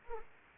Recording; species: mosquito wingbeat signal from an infrared sensor; Anopheles arabiensis